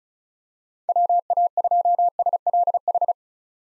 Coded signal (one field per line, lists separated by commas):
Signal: Morse code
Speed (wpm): 34 wpm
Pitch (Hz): 700 Hz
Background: none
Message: WA2SLH